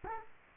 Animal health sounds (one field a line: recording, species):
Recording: mosquito wingbeat signal from an infrared sensor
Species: Culex quinquefasciatus